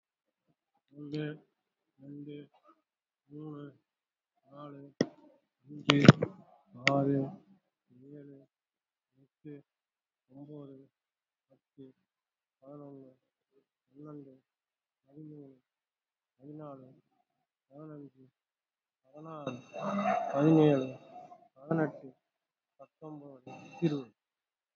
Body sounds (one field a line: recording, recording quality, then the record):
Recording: counting at a normal pace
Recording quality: excellent, no background noise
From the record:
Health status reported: COVID-19 positive, mild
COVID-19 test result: positive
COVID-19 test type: RT-PCR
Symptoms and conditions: cough, cold, fever, muscle pain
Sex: male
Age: 62 years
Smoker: no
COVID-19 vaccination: both doses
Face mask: worn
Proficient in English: yes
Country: India